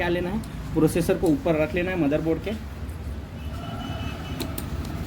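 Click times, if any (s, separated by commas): 4.4 s, 4.6 s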